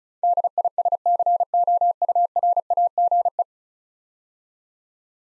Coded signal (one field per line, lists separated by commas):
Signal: Morse code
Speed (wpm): 36 wpm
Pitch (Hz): 700 Hz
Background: none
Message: DISCOURAGE